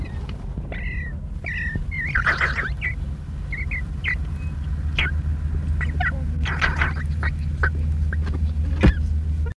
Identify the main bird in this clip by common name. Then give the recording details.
Hooded Crow. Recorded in the wild. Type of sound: call. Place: Neusiedler See, AT. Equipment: Halbspur, 9,5 cm/s. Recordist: Lütgens, Hans. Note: Einem gefangenen Jungen im Alter von 2-3 Wochen wird Futter in den Schnabel gestopft